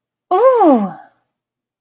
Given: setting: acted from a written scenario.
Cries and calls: vocal sound without words; elation

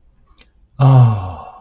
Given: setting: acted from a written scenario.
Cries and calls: vocal sound without words; adoration

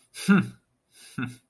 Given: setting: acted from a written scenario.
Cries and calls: vocal sound without words; anger

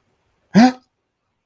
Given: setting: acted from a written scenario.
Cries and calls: vocal sound without words; fear

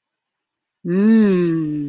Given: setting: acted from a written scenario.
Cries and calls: vocal sound without words; desire

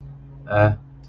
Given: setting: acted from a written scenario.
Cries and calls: vocal sound without words; neutral

